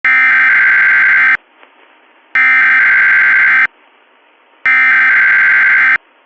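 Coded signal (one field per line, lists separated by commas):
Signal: Emergency Alert System (SAME) tones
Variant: header bursts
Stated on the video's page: EAS Required Monthly Test received on a Fox television station.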